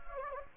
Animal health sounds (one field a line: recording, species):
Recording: mosquito wingbeat signal from an infrared sensor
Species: Anopheles gambiae